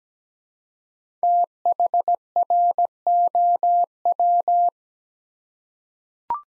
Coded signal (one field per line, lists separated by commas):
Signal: Morse code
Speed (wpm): 17 wpm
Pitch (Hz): 700 Hz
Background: none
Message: THROW